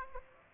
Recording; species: mosquito wingbeat signal from an infrared sensor; Aedes aegypti